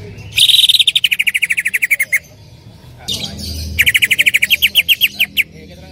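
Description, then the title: Greater green leafbird giving two bursts of fast, evenly repeated chipping notes, about ten per second, separated by a short pause. Female calling to a male, described as calling very actively and continuously. "CUCAK IJO BETINA GACOR HIPER MEMANGGIL JANTAN"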